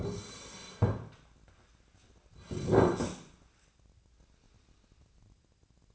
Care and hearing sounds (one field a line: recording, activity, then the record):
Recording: daily activity, microphone in the room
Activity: sit down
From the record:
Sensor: 2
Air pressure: 1009.1 hPa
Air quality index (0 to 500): 172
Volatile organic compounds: 2 ppm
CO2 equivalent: 1259 ppm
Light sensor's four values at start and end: 36/96/40/43 and 35/91/39/41